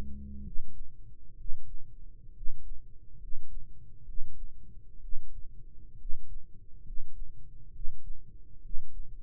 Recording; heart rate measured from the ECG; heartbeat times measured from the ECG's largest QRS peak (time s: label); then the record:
heart sounds by microphone in the right ear; 66 bpm
0.40 s: heartbeat
1.33 s: heartbeat
2.30 s: heartbeat
3.15 s: heartbeat
4.02 s: heartbeat
4.97 s: heartbeat
5.94 s: heartbeat
6.80 s: heartbeat
7.68 s: heartbeat
8.58 s: heartbeat
From the record:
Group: healthy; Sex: male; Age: 22 years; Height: 185 cm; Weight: 112.4 kg